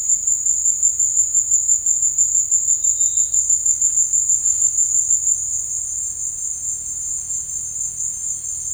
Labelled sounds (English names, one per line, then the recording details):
none
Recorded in dense forest near Puerto Asís, Putumayo, Colombia, on 19 March 2025 at 16:00
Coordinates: 0.485, -76.318
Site G056